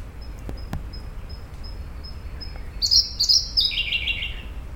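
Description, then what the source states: Siberian blue robin song: thin, high, evenly spaced single notes, then a rapid, loud burst of sharp notes that tumble downward in pitch and end the phrase. Recorded on 25 May 2019.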